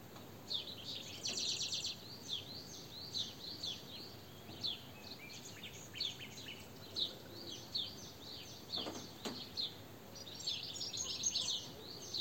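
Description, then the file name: European goldfinch calls, quick high twittering notes repeated throughout. "Carduelis carduelis"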